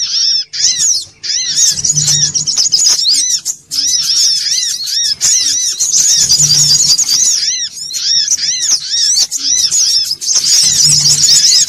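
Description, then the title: Little spiderhunter song: long bursts of sharp, high chattering and looping arched notes, separated by short pauses, with faint low hums recurring beneath. Bird-training (masteran) material. "Sogok Ontong Labaik"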